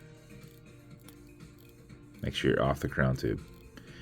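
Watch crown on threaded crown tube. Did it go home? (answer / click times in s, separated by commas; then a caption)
partly / 3.8 s. A screw-down watch crown is backed off the threads of its crown tube, giving faint small ticks beneath background music while someone talks. A sharp click sounds at 3.8 s, but the crown only partly clears, catching a little on the tube threads because it is still on the tube and not fully backed off.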